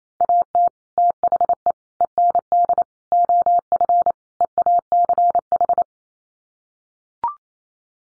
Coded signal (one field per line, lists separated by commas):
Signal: Morse code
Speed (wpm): 28 wpm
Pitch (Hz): 700 Hz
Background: none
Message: AT THE END OF EACH